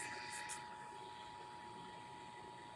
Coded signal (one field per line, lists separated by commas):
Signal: Emergency Alert System (SAME) tones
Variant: 853 and 960 Hz attention tone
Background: speech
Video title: DEBUT OF KTGN/NEW MEXICO MISHAP/FAREWELL KDWN! EAS Tests from February 2023